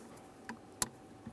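A plastic wiring harness connector on a 1999-2006 Chevrolet Silverado 1500 is lined up with its locking tab facing the driver's side and pressed into the brake light switch. A soft tick at 0.5 s is followed by a sharp click at 0.8 s and a faint tap near 1.3 s. The connector is seated at the 0.8 s click.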